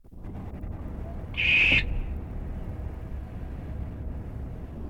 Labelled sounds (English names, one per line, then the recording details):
Western Barn Owl
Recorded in captivity
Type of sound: screech
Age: adult
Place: Tierpark Berlin, Berlin, DE
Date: 1965-08-16 20:00
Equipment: Uher 4200 Report Monitor, Sennheiser MD 421, Transistorverstärker
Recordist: Tembrock, Günter
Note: Schrei (Abstand ca. 10 m)